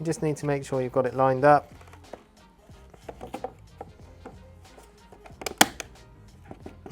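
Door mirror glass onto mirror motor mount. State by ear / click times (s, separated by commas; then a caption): seated / 5.6 s. Door mirror glass on a BMW M3 G80 / M4 G82 carbon fibre side mirror is lined up and pushed onto its plastic clip mount on the mirror motor. Someone talks at the start, then soft handling taps follow before the clips snap home with a sharp click at 5.6 s, leaving the glass seated.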